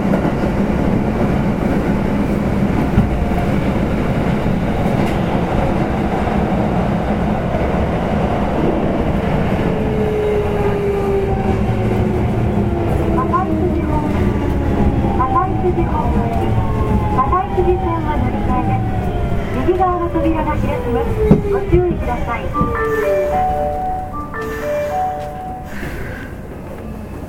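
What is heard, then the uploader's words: A Kintetsu 7000 series train running, with a dense, steady low rumble throughout. From about eight seconds, whining motor tones appear and glide downward in pitch as the train slows, with a brief clunk near 22 seconds before it quiets toward the end. 近鉄7000系 地下鉄中央線 本町から長田まで. It is a running sound of a Kintetsu 7000 series train. I recorded on the Osaka city subway Chuo Line of a direct drive destination.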